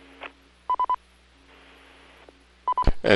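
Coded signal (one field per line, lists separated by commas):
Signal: none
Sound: repeater courtesy beeps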